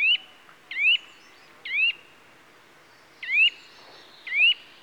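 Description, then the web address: Eurasian nuthatch giving sharp upslurred whistles, five in under five seconds, spaced unevenly with brief pauses between them. "The BBC Sound Effects Library - Complete 60 CDs Collection. Nuthatch (Sitta Europaea) Calls"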